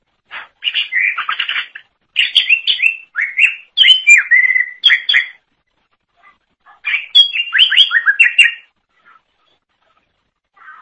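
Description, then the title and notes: Leafbird song: two long bursts of varied whistled and chattering notes separated by a quiet spell, with a few faint calls afterward. Cucak ijo song. "Suara Kicauan Burung Cucak Ijo"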